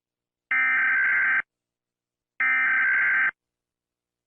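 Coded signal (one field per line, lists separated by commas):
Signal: Emergency Alert System (SAME) tones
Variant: header bursts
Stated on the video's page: A made-up hockey riots EAS scenario, a fictional alert that would not happen in real life.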